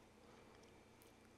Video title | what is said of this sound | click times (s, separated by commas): M60A3 w/M9 Bulldozer by TAKOM, Part 7, Finishing It! | there we go all snapped into place | 1.0 s